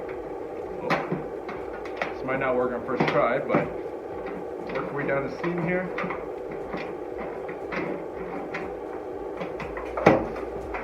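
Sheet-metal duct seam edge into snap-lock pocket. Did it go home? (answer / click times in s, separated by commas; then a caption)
yes / 10.1 s. A snap-lock edge on the seam of a round sheet-metal heating duct is forced down into its folded pocket, working along the seam with a few light taps and scrapes while someone talks. A sharp snap at 10.1 s shows the seam is in place and seated.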